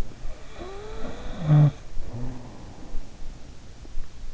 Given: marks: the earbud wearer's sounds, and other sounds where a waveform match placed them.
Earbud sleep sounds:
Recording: sounds in sleep by an in-ear microphone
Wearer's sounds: snoring breath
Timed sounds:
0.00-0.22 s: sound from someone else or the room
0.47-3.70 s: snoring breath

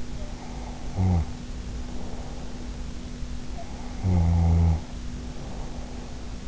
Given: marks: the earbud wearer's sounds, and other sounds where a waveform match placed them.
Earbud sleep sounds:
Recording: sounds in sleep by an in-ear microphone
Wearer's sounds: snoring breath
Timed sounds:
0.13-2.82 s: snoring breath
3.48-6.47 s: snoring breath

